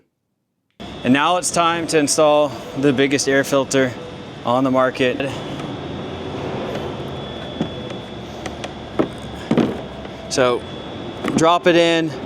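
A large air filter for an S&B cold air intake on a 2023-2025 Ford Raptor R 5.2L V8 is lowered and dropped into the intake airbox while someone talks over a steady background hum. Short handling knocks and rustles come around 8.5 to 9.6 seconds as it goes in. The filter is only positioned so far, and its flange has not yet been pulled through or snapped into place.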